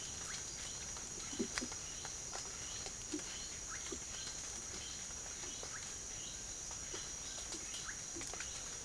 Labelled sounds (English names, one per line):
none